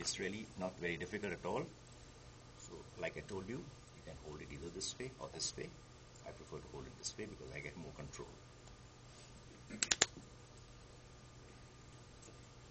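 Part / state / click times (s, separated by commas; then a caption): needle holder ratchet locking on a suture needle / seated / 9.8 s, 9.9 s, 10.0 s. A surgeon talks, then closes a needle holder on a suture needle, and its ratchet engages with three quick, sharp metal clicks at 9.8, 9.9 and 10.0 seconds. The clicks show how much pressure has been applied, and the ratchet locks so the needle is held stable.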